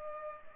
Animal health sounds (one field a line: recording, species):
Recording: mosquito wingbeat signal from an infrared sensor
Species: Culex pipiens